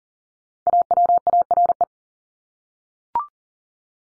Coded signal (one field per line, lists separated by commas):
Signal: Morse code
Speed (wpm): 40 wpm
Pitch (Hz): 700 Hz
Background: none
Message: AWARE